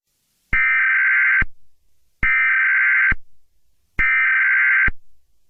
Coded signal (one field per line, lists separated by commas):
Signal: Emergency Alert System (SAME) tones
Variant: header bursts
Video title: (PRETTY BAD) EAS scenario #001 (Pt.1) Halloween is the worst day ever